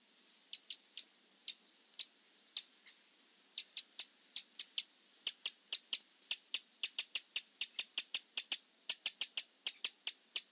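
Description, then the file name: Eurasian wren calling, a long series of sharp, dry, high ticking notes, sparse at first, then quickening into rapid rattling runs. "Troglodytes troglodytes"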